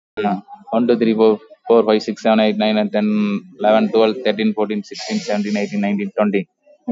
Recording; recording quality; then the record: counting at a fast pace; excellent, no background noise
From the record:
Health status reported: COVID-19 positive, no symptoms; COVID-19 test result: positive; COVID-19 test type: RT-PCR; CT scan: taken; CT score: 7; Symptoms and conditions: none ticked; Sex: male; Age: 50 years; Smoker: no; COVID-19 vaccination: none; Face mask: worn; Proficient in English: yes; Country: India